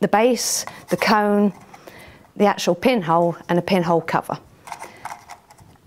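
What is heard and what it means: Someone talks while handling the plastic cone and base of an Ilford pinhole photography kit, with a few soft handling ticks near the end. The cone is about to be fitted into the base, but it has not seated or locked yet.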